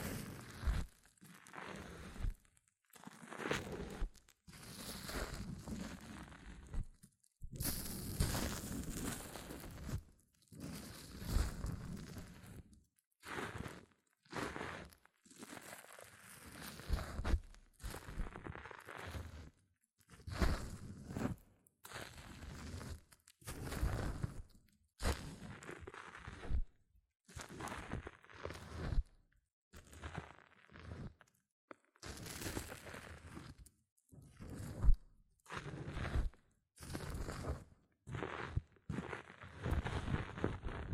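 Hair mousse fizzes and crackles in dense bursts, each a second or two long, separated by brief silences throughout, with occasional sharper crunches.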